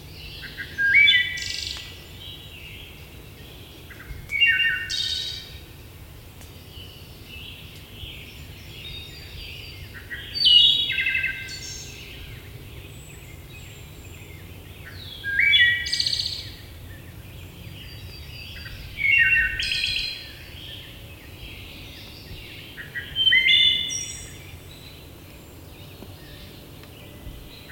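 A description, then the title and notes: A Wood Thrush sings in phrases spaced every four to five seconds, each a quick bright run of fluting notes ending in a high, rough trill. Between phrases, soft chirps from other birds continue over a steady low rumble. Wood Thrush.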